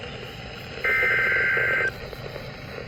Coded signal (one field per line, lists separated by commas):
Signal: Emergency Alert System (SAME) tones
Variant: header bursts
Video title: ALERT CHAOS 1... || EAS Alerts from May (EAS 171 - 191)